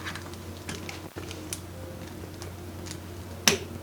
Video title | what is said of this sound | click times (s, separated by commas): I got WHAT parts for my FIRST PC BUILD?!?! | right oh satisfying click and now | 3.5 s